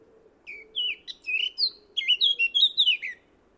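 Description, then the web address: Bird chirping in a burst of varied high whistled notes, sparse at first, then tumbling quickly together, over a faint low steady hum. "cianscape birddata Deverinetal 2025"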